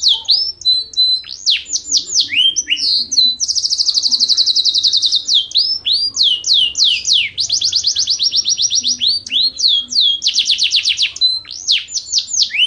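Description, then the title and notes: Canary song: fast series of bright down-swept whistles alternating with dense buzzing rolls, phrases changing every second or two without a break. Canary song used as a master recording for training other canaries. "Suara Burung Kenari Masteran. master suara burung kenari"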